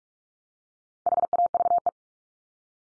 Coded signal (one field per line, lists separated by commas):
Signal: Morse code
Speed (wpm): 46 wpm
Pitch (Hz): 700 Hz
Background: none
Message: HAVE